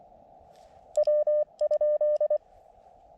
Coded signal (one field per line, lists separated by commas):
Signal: Morse code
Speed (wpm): 23 wpm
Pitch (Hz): 600 Hz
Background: none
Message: W?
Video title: CW POTA/SOTA at Connecticut Hill Wildlife Management Area with the Elecraft KX2